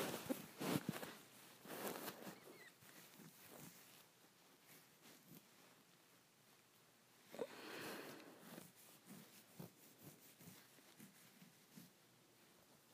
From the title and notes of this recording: ASMR Scratching my Head.